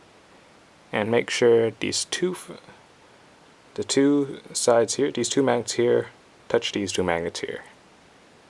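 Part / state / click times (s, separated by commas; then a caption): ring of small spherical magnets joined to another magnet ring in a magnet sculpture / not seated / none. Someone talks in three bursts while handling a ring of small spherical neodymium magnets, bringing two sides of the ring together so that two marked magnets touch, to join it to another magnet ring in a magnet sculpture. Nothing has snapped into contact or seated yet.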